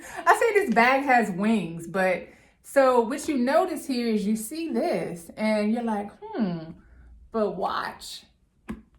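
A woman talks while handling a leather DeMellier London New York tote bag, about to press a snap fastener on its side flap ("wings") shut. The clip ends before the fastener closes, so nothing has snapped or clicked yet.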